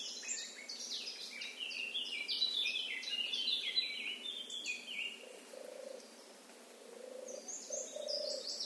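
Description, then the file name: Eurasian blackcap giving a long chattering warble of quick varied notes, then a pause with a few lower notes before a brief return of high twittering. "Sylvia atricapilla"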